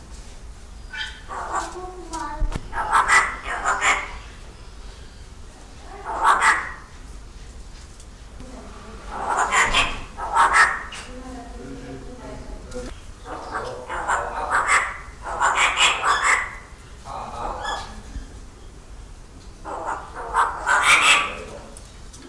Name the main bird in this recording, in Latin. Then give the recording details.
Mino dumontii. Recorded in captivity. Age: adult. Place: Zoo Berlin, Berlin, DE. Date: 1997-08-28 10:22. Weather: sunny, 22-28°C. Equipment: Sony MD-WM MZ-R3, Sennheiser ME 80, K 30 AV, Kopie Uher 4000 Report Monitor. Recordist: Tembrock, Günter